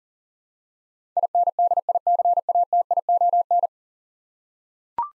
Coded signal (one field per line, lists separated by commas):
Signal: Morse code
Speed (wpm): 37 wpm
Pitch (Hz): 700 Hz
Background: none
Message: INDICATION